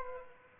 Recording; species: mosquito wingbeat signal from an infrared sensor; Aedes aegypti